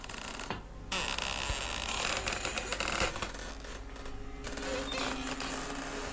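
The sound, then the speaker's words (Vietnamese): A mud-covered crowbar is thrust into the gap of a cheap wooden coffin lid and pries at it, making harsh, grinding creaks and scrapes in uneven bursts over a steady noisy hiss, with a few sharp snaps along the way. “Lão thọc cái xà beng đầy bùn đất vào cái khe của cái nắp hòm mà bắt đầu cậy. Cái tiếng kêu lên ken két đến rợn người.”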